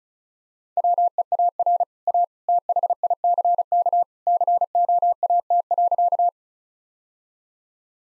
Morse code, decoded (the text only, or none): WEAR A THICK COAT.